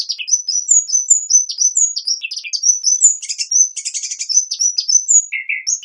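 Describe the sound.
Hummingbird singing in rapid high squeaks and slurred chirps, a brief buzzy rasp near four seconds, then a lower grating note at the close.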